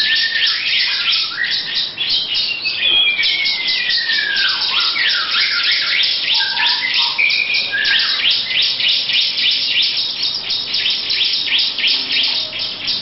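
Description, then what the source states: Lovebird song: a continuous fast chatter of high chirps, with a few longer gliding whistled notes early on. Long ngekek song style.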